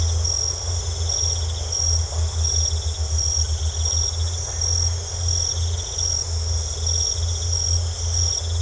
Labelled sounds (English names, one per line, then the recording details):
none
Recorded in secondary vegetation near Puerto Asís, Putumayo, Colombia, on 18 December 2024 at 20:30
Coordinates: 0.468, -76.324
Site G095